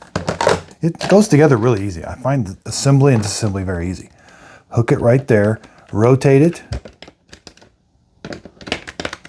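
A removable plastic component is hooked into the main body of a Tikom V500 cordless stick vacuum and rotated in while someone talks. Light plastic handling sounds, taps and brief clicks are heard at the start and near the end, but the clip ends before the part goes home, so nothing has seated or clicked into place yet.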